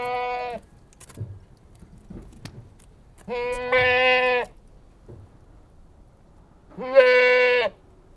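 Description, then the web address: Goat bleating, three loud nasal bleats, the middle one longest at over a second, separated by quiet pauses with faint rustling and knocks. One Anglo-Nubian goat, bleating. "BBC Sound Effects Library. One Anglo-Nubian Goat Bleating"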